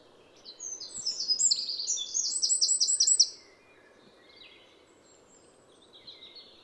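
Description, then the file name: Eurasian wren song, a fast, high trill of about three seconds over steady low background hiss, followed by faint bird notes. "Troglodytes troglodytes"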